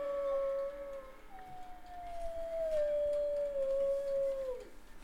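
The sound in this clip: Wolf howl: one long tone that steps up early on, then drifts slowly downward and breaks off with a sharp drop at the end, over a low background rumble.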